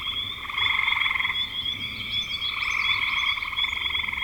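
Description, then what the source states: Frogs trilling in chorus, pulsed rattling calls blending together, with a steady high ticking tone and scattered short high chirps. Frogs calling in spring 2025.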